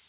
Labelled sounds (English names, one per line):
Prairie Warbler flight call